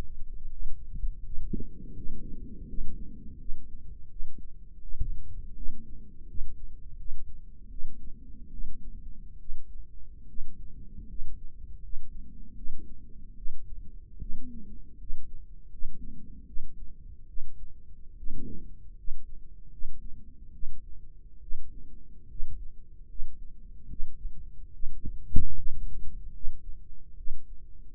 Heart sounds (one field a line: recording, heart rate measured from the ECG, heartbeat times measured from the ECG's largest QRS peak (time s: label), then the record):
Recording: heart sounds by microphone in the right ear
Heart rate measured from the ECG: 76 bpm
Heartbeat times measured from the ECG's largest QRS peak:
0.49 s: heartbeat
1.23 s: heartbeat
1.93 s: heartbeat
2.67 s: heartbeat
3.38 s: heartbeat
4.09 s: heartbeat
4.81 s: heartbeat
5.55 s: heartbeat
6.26 s: heartbeat
6.97 s: heartbeat
7.69 s: heartbeat
8.51 s: heartbeat
9.39 s: heartbeat
10.27 s: heartbeat
11.07 s: heartbeat
11.81 s: heartbeat
12.55 s: heartbeat
13.36 s: heartbeat
14.19 s: heartbeat
14.98 s: heartbeat
15.70 s: heartbeat
16.46 s: heartbeat
17.27 s: heartbeat
18.16 s: heartbeat
18.95 s: heartbeat
19.70 s: heartbeat
20.52 s: heartbeat
21.41 s: heartbeat
22.28 s: heartbeat
23.07 s: heartbeat
23.88 s: heartbeat
24.72 s: heartbeat
25.54 s: heartbeat
26.32 s: heartbeat
27.16 s: heartbeat
From the record:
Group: healthy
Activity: Valsalva maneuver 0-2 s, rest 2-28 s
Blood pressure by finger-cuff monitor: 91/60 mmHg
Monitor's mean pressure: 69 mmHg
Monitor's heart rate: 76 bpm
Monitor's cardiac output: 5.9 L/min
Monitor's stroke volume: 76 mL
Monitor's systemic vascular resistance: 840 dyn s/cm5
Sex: female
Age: 22 years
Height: 163 cm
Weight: 67.1 kg